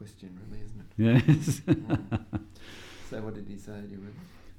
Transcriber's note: laughs